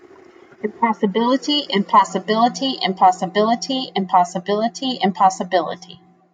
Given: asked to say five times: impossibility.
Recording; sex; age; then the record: repeated word; female; 30 to 39 years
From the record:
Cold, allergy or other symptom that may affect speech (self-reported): no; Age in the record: 36 years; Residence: Arizona, United States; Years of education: 21